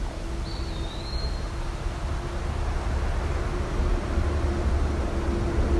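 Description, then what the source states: Eastern Wood-Pewee singing one drawn-out slurred whistle near the start, then a steady low drone and swelling rumble fill the rest. Sings all day, probably with breaks here and there; keeps singing late into the season, heard especially early in the morning and late at night.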